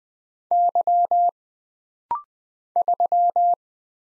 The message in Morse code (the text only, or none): Y 3